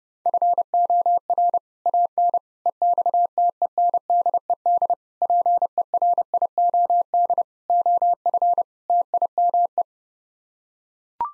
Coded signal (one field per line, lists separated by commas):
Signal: Morse code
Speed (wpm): 30 wpm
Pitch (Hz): 700 Hz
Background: none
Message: FOR AN EXTENDED PERIOD OF TIME